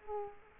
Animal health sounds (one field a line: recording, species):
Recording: mosquito wingbeat signal from an infrared sensor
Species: Culex quinquefasciatus